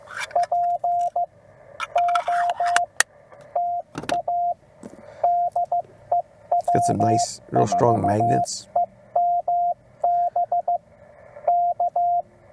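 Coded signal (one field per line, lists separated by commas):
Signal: Morse code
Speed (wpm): 15 wpm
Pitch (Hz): 700 Hz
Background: speech, radio noise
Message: POTA DE W4EMB K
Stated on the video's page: CW POTA activation from a state park, offered as call-sign copy practice.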